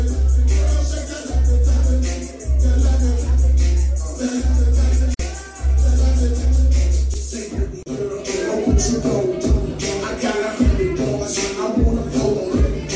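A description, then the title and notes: Lively sounds inside Central 111. For about seven seconds a heavy, throbbing bass pulse repeats roughly once a second beneath sustained mid tones. Then the bass cuts out, and busier, irregular clatter with bright, hissy bursts fills the rest. Central 111 Virginia Beach Party Cam. The lively sounds from within Central 111.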